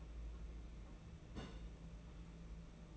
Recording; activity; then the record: daily activity, microphone in the room; place on stove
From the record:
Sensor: 1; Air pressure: 992.0 hPa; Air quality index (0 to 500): 217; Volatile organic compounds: 1000 ppm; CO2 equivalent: 8452 ppm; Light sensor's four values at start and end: 21/74/29/29 and 21/74/29/29